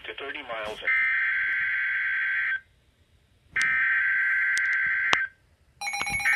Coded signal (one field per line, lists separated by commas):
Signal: Emergency Alert System (SAME) tones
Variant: header bursts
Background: speech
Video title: Severe Thunderstorm Warning #2 (EAS #129)